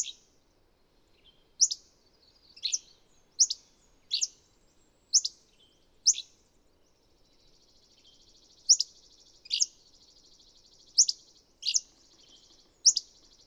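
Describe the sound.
Bird giving rapid, bright, downward chirps about once a second, with a softer buzzy trill between notes in the second half, background otherwise quiet.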